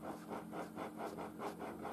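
A loudspeaker driver, taken from a second speaker and fitted into a speaker that had been wheezing, creaks as it is pressed repeatedly, giving about five rough, scratchy creaks at a steady rhythm over a low constant hum, with no voices.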